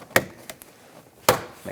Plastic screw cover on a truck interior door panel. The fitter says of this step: while you're here might as well put this cover on make sure it clicks in place